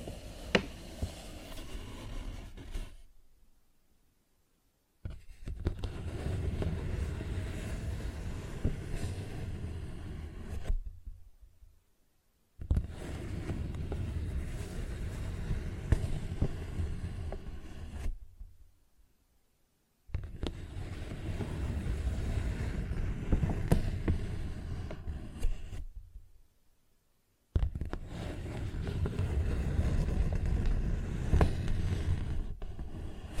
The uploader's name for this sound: Paper Bag Tapping and Scratching Sounds